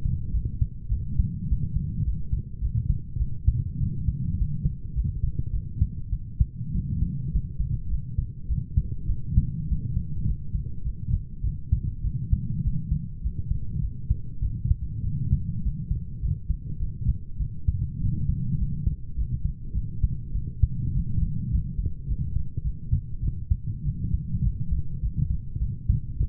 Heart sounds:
heart sounds by stethoscope; 102 bpm
0.32 s: heartbeat
0.90 s: heartbeat
1.48 s: heartbeat
2.04 s: heartbeat
2.60 s: heartbeat
3.18 s: heartbeat
3.79 s: heartbeat
4.37 s: heartbeat
4.95 s: heartbeat
5.52 s: heartbeat
6.11 s: heartbeat
6.73 s: heartbeat
7.32 s: heartbeat
7.89 s: heartbeat
8.48 s: heartbeat
9.08 s: heartbeat
9.68 s: heartbeat
10.26 s: heartbeat
10.84 s: heartbeat
11.43 s: heartbeat
12.03 s: heartbeat
12.63 s: heartbeat
13.22 s: heartbeat
13.81 s: heartbeat
14.41 s: heartbeat
15.03 s: heartbeat
15.62 s: heartbeat
16.21 s: heartbeat
16.79 s: heartbeat
17.39 s: heartbeat
18.00 s: heartbeat
18.58 s: heartbeat
19.16 s: heartbeat
19.74 s: heartbeat
20.33 s: heartbeat
20.93 s: heartbeat
21.50 s: heartbeat
22.07 s: heartbeat
22.63 s: heartbeat
23.22 s: heartbeat
23.84 s: heartbeat
24.43 s: heartbeat
25.01 s: heartbeat
25.59 s: heartbeat
26.19 s: heartbeat
From the record:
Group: healthy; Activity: light exercise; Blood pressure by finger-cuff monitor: 137/73 mmHg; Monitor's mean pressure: 90 mmHg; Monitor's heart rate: 102 bpm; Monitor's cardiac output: 8.6 L/min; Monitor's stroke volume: 84 mL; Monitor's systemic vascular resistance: 770 dyn s/cm5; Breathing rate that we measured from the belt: 22 breaths a minute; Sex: female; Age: 22 years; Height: 160 cm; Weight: 63 kg

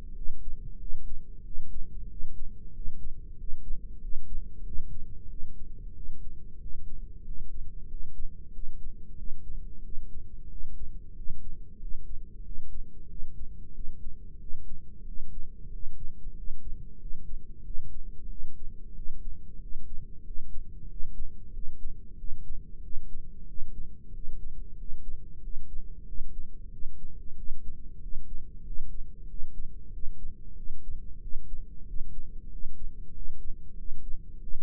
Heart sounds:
heart sounds by microphone in the right ear; 93 bpm
0.12 s: heartbeat
0.76 s: heartbeat
1.40 s: heartbeat
2.05 s: heartbeat
2.69 s: heartbeat
3.33 s: heartbeat
3.97 s: heartbeat
4.61 s: heartbeat
5.26 s: heartbeat
5.91 s: heartbeat
6.56 s: heartbeat
7.21 s: heartbeat
7.85 s: heartbeat
8.49 s: heartbeat
9.14 s: heartbeat
9.80 s: heartbeat
10.46 s: heartbeat
11.11 s: heartbeat
11.76 s: heartbeat
12.40 s: heartbeat
13.05 s: heartbeat
13.71 s: heartbeat
14.36 s: heartbeat
15.02 s: heartbeat
15.67 s: heartbeat
16.32 s: heartbeat
16.96 s: heartbeat
17.61 s: heartbeat
18.26 s: heartbeat
18.91 s: heartbeat
19.57 s: heartbeat
20.21 s: heartbeat
20.85 s: heartbeat
21.49 s: heartbeat
22.14 s: heartbeat
22.79 s: heartbeat
23.43 s: heartbeat
24.09 s: heartbeat
24.74 s: heartbeat
25.38 s: heartbeat
26.03 s: heartbeat
26.68 s: heartbeat
27.33 s: heartbeat
27.97 s: heartbeat
28.61 s: heartbeat
29.24 s: heartbeat
29.89 s: heartbeat
30.53 s: heartbeat
31.18 s: heartbeat
31.83 s: heartbeat
32.47 s: heartbeat
33.10 s: heartbeat
33.73 s: heartbeat
34.38 s: heartbeat
From the record:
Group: heart failure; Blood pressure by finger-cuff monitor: 91/56 mmHg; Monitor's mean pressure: 68 mmHg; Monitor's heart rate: 92 bpm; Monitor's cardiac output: 7.9 L/min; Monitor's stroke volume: 86 mL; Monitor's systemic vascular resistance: 600 dyn s/cm5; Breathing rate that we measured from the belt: 14 breaths a minute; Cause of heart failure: ischemic heart disease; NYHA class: 1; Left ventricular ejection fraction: 38%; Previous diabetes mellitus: present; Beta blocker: bisoprolol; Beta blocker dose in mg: 15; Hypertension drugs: sacubitril-valsartan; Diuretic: furosemide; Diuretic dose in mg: 20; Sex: male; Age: 33 years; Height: 172 cm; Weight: 78.5 kg

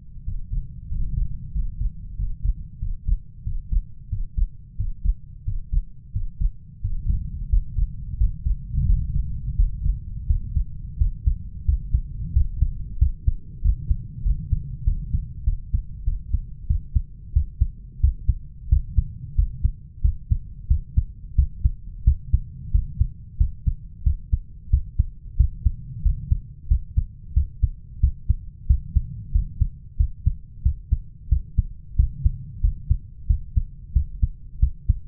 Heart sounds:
heart sounds by stethoscope; 91 bpm
0.26 s: heartbeat
0.90 s: heartbeat
1.54 s: heartbeat
2.18 s: heartbeat
2.81 s: heartbeat
3.45 s: heartbeat
4.11 s: heartbeat
4.78 s: heartbeat
5.46 s: heartbeat
6.14 s: heartbeat
6.83 s: heartbeat
7.51 s: heartbeat
8.19 s: heartbeat
8.88 s: heartbeat
9.58 s: heartbeat
10.29 s: heartbeat
11.00 s: heartbeat
11.67 s: heartbeat
12.35 s: heartbeat
13.00 s: heartbeat
13.64 s: heartbeat
14.25 s: heartbeat
14.86 s: heartbeat
15.46 s: heartbeat
16.06 s: heartbeat
16.69 s: heartbeat
17.35 s: heartbeat
18.02 s: heartbeat
18.71 s: heartbeat
19.37 s: heartbeat
20.04 s: heartbeat
20.70 s: heartbeat
21.37 s: heartbeat
22.06 s: heartbeat
22.73 s: heartbeat
23.40 s: heartbeat
24.05 s: heartbeat
24.72 s: heartbeat
25.39 s: heartbeat
26.05 s: heartbeat
26.70 s: heartbeat
27.36 s: heartbeat
28.02 s: heartbeat
28.69 s: heartbeat
29.34 s: heartbeat
29.99 s: heartbeat
30.64 s: heartbeat
31.31 s: heartbeat
31.98 s: heartbeat
32.63 s: heartbeat
33.29 s: heartbeat
33.95 s: heartbeat
34.61 s: heartbeat
From the record:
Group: healthy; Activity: breath hold 0-8 s, rest 8-35 s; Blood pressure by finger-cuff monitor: 144/90 mmHg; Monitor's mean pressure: 107 mmHg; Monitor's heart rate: 91 bpm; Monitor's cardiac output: 7.3 L/min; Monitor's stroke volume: 81 mL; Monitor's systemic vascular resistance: 1080 dyn s/cm5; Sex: male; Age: 21 years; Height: 175 cm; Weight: 72.6 kg

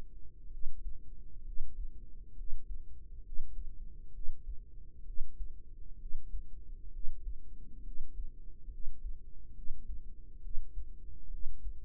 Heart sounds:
heart sounds by microphone in the right ear; 67 bpm
0.48 s: heartbeat
1.42 s: heartbeat
2.33 s: heartbeat
3.21 s: heartbeat
4.10 s: heartbeat
5.03 s: heartbeat
5.96 s: heartbeat
6.89 s: heartbeat
7.81 s: heartbeat
8.68 s: heartbeat
9.52 s: heartbeat
10.39 s: heartbeat
11.28 s: heartbeat
From the record:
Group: healthy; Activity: rest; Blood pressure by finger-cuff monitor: 115/59 mmHg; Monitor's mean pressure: 74 mmHg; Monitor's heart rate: 65 bpm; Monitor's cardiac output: 5.5 L/min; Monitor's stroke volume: 84 mL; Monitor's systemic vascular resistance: 960 dyn s/cm5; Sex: female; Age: 32 years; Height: 168 cm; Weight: 61.9 kg

